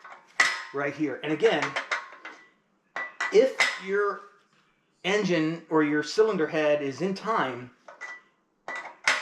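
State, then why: Seated. A metal camshaft timing lock tool is pressed onto the cam ends of a 2.0 FSI engine's cylinder head while someone talks. The tool pops into place without force at 9.1 s with a sharp click, showing the cams are in time.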